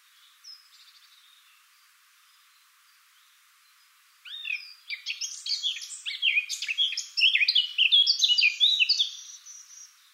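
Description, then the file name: Eurasian blackcap singing: a faint early note, then quiet, then from midway a loud, tumbling warble of varied high chirps and whistles that grows stronger. "Sylvia atricapilla"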